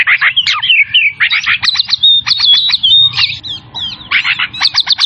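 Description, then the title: Oriental magpie-robin singing: a rapid series of short sharp notes mixed with thin level whistles and quick chatter. Singing vigorously, in the style called gacor; from Tretes. "Kacer Tretes"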